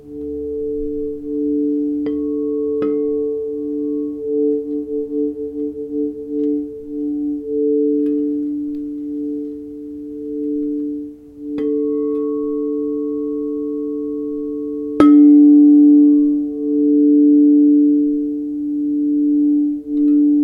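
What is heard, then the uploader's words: A singing bowl rings in a steady, mid-pitched drone with a slow wavering pulse throughout. Soft clicks and light metallic strikes land around two, three and eleven seconds, and a firmer strike at fifteen seconds renews the bowl's ring, louder and fuller. Mandy Hamilton and Anthony Pietromonaco play a range of sound bath instruments. Recorded and produced by Emily Shaw. Psychedelic Sound Bath.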